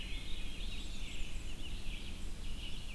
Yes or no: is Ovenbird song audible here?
no